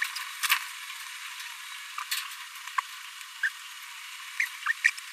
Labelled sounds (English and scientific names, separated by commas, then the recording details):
Green-rumped Parrotlet (Forpus passerinus) babbling
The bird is a male
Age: 26 days
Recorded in a nest box in Venezuela
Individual 17B42A3